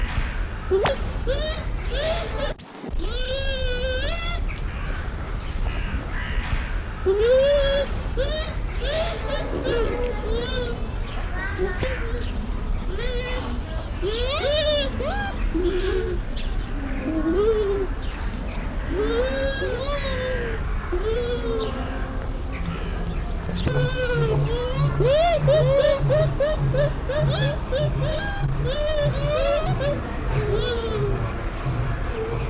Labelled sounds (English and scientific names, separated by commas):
Bush Dog (Speothos venaticus)